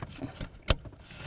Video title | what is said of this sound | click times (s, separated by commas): How to Replace Brake Light Switch 1994-2004 Chevy S-10 | i got a nice click i'm just going to give it a little tug just to ensure that it's completely secured now let's test those brake lights | 0.7 s